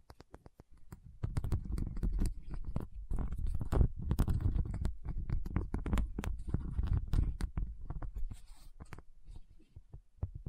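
A tapping session with no talking: quick, irregular taps and clicks land in dense clusters, each a sharp tick over a soft, low rumbling underlayer. The activity swells from about one second in, stays busy through the middle, then thins toward the end.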